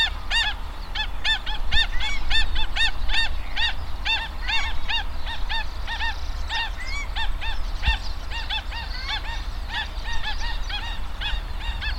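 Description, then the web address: Paradise shelduck flock calling continuously, dense overlapping nasal honks repeated rapidly throughout, with steady low-frequency background noise. "paradise shelduck. صدای-پرنده-تنجه-بهشتی"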